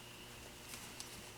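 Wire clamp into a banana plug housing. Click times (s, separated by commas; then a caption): 1.0 s. A folded-over wire clamp inside a plastic shrouded banana plug housing is pushed down until it snaps into place. A short, sharp click at 1.0 s rises above steady low background noise, with a fainter tick just before it, and the clamp is seated.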